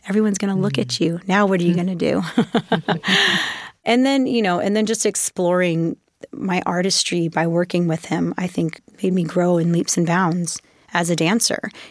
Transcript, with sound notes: Everyone's going to look at you. Now what are you going to do?
(LAUGHTER)
And then - you know, and then just exploring my artistry by working with him, I think, made me grow in leaps and bounds as a dancer.